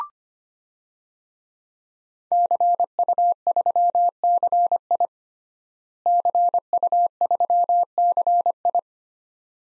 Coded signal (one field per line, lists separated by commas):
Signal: Morse code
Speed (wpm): 25 wpm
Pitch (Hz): 700 Hz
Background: none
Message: CU3CI CU3CI